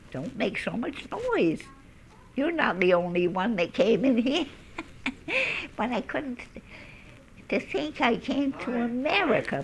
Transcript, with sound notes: "Don't make so much noise. You're not the only one that came in here." ( she laughs ) But I couldn't, to think I came to America...